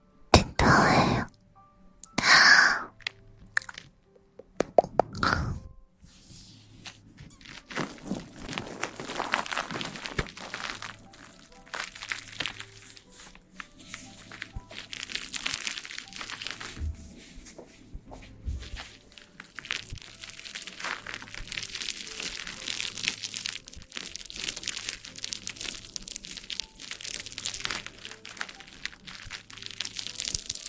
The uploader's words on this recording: ASMR Ear cleaning & Ear massage.